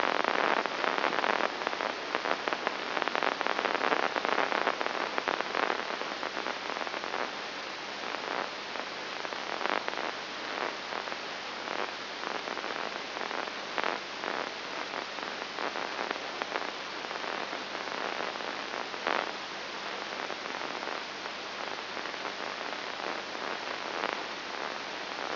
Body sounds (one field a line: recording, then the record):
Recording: brain microelectrode recording played as sound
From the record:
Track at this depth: inside the subthalamic nucleus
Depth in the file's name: 2.503 mm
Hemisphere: left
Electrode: 3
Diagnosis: Parkinson's disease